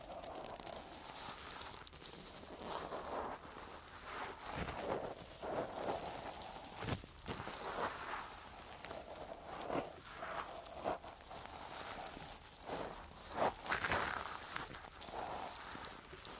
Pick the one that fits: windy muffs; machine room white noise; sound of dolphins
windy muffs